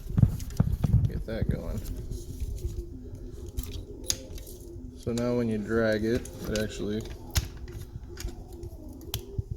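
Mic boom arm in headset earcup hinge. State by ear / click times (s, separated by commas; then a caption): seated / 9.1 s. A repaired plastic mic boom arm on a PS4 LVL50 gaming headset is dragged in the earcup hinge, with light plastic ticks and scrapes while someone talks. It locks into position with a sharp click at 9.1 s.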